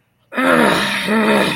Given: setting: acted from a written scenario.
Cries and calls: vocal sound without words; anger

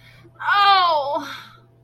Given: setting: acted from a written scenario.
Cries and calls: vocal sound without words; pain

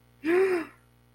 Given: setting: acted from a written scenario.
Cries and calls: vocal sound without words; fear

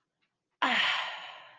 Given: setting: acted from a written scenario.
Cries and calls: vocal sound without words; contentment

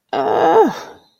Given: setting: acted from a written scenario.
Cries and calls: vocal sound without words; embarrassment

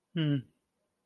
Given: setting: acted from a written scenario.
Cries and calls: vocal sound without words; neutral

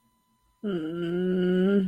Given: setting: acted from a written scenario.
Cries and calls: vocal sound without words; guilt

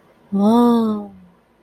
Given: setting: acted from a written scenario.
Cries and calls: vocal sound without words; awe

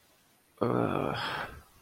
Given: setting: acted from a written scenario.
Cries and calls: vocal sound without words; guilt

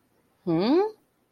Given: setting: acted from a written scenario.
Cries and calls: vocal sound without words; confusion

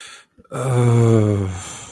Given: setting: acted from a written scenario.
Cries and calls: vocal sound without words; disappointment

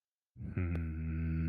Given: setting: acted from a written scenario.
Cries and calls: vocal sound without words; contempt

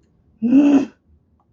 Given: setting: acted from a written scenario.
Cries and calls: vocal sound without words; anger

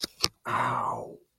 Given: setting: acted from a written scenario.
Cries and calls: vocal sound without words; pain

